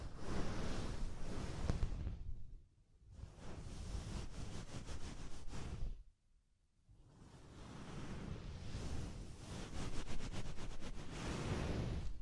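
Soft, fluffy ear-tingle triggers: dense, full rustling and whooshing strokes that swell and fade. The sound drops almost to silence near 3 and 6 seconds, and quick repeated scratchy brushes flicker through around 4 to 5 and 9 to 10 seconds.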